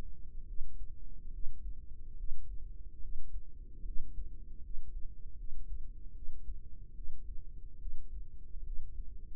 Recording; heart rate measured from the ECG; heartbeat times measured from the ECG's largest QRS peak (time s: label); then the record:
heart sounds by microphone in the right ear; 73 bpm
0.45 s: heartbeat
1.31 s: heartbeat
2.15 s: heartbeat
3.00 s: heartbeat
3.83 s: heartbeat
4.61 s: heartbeat
5.36 s: heartbeat
6.13 s: heartbeat
6.93 s: heartbeat
7.77 s: heartbeat
8.63 s: heartbeat
From the record:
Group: healthy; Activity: rest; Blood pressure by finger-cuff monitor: 127/65 mmHg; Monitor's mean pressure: 80 mmHg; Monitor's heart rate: 71 bpm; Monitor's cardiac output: 6.1 L/min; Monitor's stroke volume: 83 mL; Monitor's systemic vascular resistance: 940 dyn s/cm5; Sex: female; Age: 32 years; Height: 168 cm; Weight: 61.9 kg